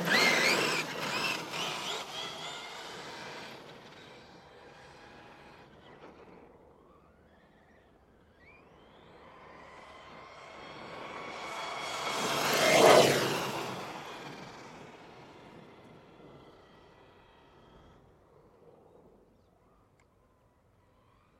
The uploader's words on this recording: RC Monster Truck Sound. This recording captures my RC truck's brushless motor and tire sound on an asphalt village road. Recorded using Zoom F6 with Rode NT-5 matched pairs with NOS configuration. Master audio is 32-bit 192kHz, rendered to 16-bit 48kHz using WaveLab.